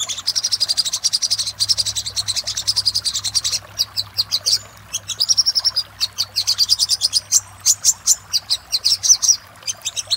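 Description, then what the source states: Little spiderhunter song: fast series of sharp high chips, repeated in rapid bursts with brief pauses, over a faint low hum. Master recording used for training cage birds.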